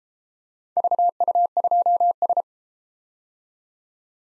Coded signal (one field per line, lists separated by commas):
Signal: Morse code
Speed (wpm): 32 wpm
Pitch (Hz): 700 Hz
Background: none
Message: VU2S